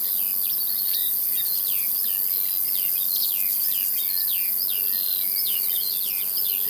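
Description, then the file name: A continuous shrill cricket buzz sits under busy, jumbled lark notes. Field ambience with crickets and larks. "Sounds from a Field Larks and Crickets"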